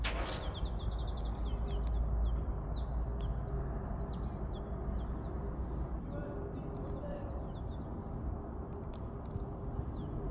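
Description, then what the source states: Birds chirping: a burst of high twittering notes in the first seconds, then sparse chirps over a constant low rumble. Birdsong heard on a weekend morning outing in a park.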